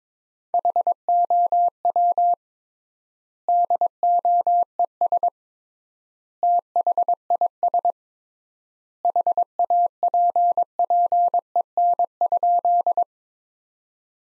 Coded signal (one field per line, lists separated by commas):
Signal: Morse code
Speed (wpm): 22 wpm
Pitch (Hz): 700 Hz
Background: none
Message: HOW DOES THIS HAPPEN?